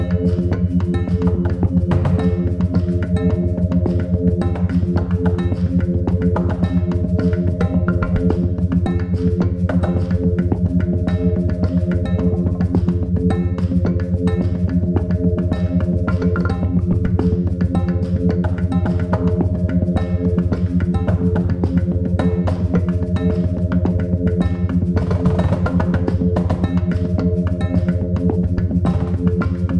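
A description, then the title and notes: Frogs sing in a dense, unbroken chorus at Miner's Marsh, a low droning hum layered with steady pitched tones. Rapid fine clicks and trills run through it constantly, and the loudness holds even for the full half minute, with a brief brighter flurry near the end. This thought experiment uses a carrier frequency of 87.3 Hz - the key of F, and produces a theta binaural of 6.2 Hz. The track uses a personal favorite field recording "Frogsong at Miner's Marsh" with the operatic crooning of green frogs recorded in the Annapolis Valley, Nova Scotia.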